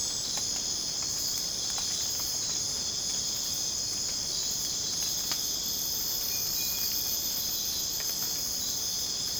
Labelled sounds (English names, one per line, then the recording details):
none
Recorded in dense forest near Puerto Asís, Putumayo, Colombia, on 25 June 2025 at 04:30
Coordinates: 0.486, -76.317
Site G065